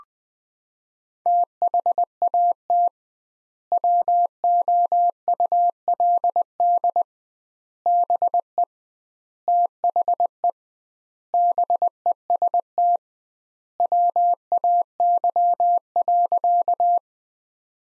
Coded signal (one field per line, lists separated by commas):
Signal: Morse code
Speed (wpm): 20 wpm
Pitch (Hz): 700 Hz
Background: none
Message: THAT WOULD BE THE BEST WAY.